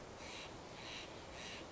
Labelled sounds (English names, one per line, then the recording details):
Steller's Jay
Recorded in Sonoma County, California